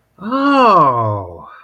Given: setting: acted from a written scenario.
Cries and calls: vocal sound without words; realization

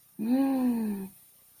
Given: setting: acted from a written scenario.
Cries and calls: vocal sound without words; adoration

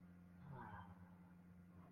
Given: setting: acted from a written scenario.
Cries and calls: vocal sound without words; romantic love

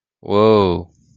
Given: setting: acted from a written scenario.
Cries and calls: vocal sound without words; elation

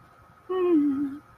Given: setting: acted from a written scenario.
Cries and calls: vocal sound without words; guilt

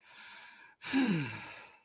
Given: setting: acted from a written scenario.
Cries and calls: vocal sound without words; ecstasy

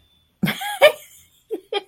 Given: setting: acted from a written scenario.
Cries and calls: vocal sound without words; amusement

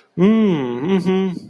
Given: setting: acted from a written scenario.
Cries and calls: vocal sound without words; sympathy

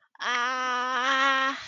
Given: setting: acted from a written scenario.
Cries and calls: vocal sound without words; pain

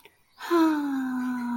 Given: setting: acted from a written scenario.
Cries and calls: vocal sound without words; adoration

